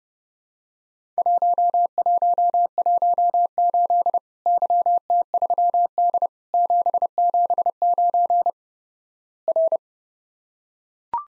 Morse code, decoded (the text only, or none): 1118 YT3D 779 R